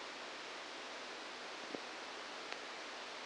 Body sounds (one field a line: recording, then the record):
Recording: brain microelectrode recording played as sound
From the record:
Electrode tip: outside the subthalamic nucleus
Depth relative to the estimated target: -2 mm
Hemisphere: left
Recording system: NeuroSet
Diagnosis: Parkinson's disease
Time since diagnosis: 10 years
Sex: male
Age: 63 years